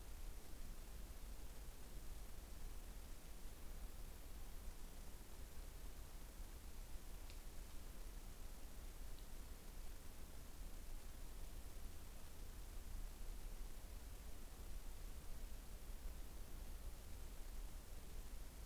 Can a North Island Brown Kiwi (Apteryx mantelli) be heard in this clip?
no